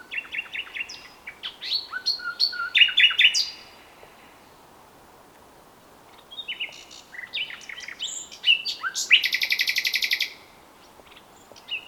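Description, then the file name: Common nightingale singing rich, varied phrases, from clipped repeated notes and piping whistles to a loud buzzy rattle, separated by a few seconds of quiet. "Luscinia megarhynchos"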